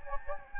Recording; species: mosquito wingbeat signal from an infrared sensor; Anopheles gambiae